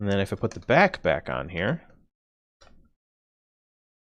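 Someone talks while putting the back onto a plastic brick-built handheld console, ahead of sliding a brick game cartridge into its slot, where it locks into place. After the talking stops, a brief faint handling sound is heard around 2.6 s, and then it is silent. Nothing has seated or clicked yet.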